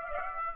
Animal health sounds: mosquito wingbeat signal from an infrared sensor; Aedes aegypti

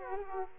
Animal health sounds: mosquito wingbeat signal from an infrared sensor; Aedes aegypti

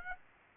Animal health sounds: mosquito wingbeat signal from an infrared sensor; Aedes aegypti

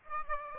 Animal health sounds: mosquito wingbeat signal from an infrared sensor; Aedes aegypti

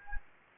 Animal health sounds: mosquito wingbeat signal from an infrared sensor; Anopheles gambiae

